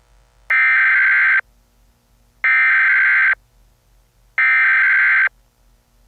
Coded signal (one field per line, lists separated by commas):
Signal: Emergency Alert System (SAME) tones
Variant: header bursts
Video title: EAS Scenario #56: The Awakening